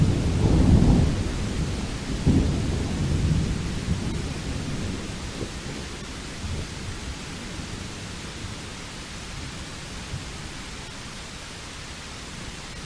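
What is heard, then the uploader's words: A thunderstorm, opening with a deep, heavy rumble of thunder in the first four seconds, with a louder swell near the start and another around two seconds. The rumble then fades into a steady low wash, like rain and roll. Thunderstorm Time Lapse: Capturing the Dynamic Nature of a Storm.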